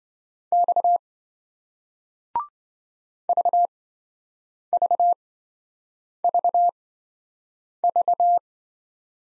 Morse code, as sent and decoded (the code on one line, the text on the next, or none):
-..- / ...- ...- ...- ...-
X VVVV